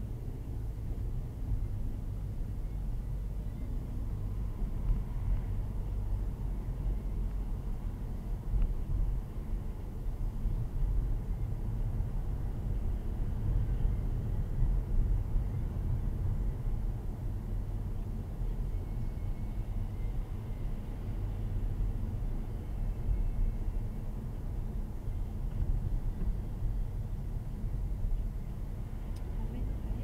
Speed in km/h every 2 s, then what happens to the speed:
3, 18, 21, 23, 23, 23, 24, 26, 26, 24, 24, 23, 24, 24, 24.
0-5 speeds up to 23. 5-30 steady at about 24.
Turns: none.